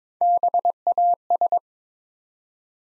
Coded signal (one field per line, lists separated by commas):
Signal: Morse code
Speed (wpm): 22 wpm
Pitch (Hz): 700 Hz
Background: none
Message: BAS